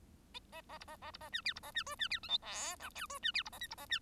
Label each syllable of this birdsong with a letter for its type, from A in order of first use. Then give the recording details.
A A B A A B A C D B A C E C D F G H I J E C D B A K B A C. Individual Bird1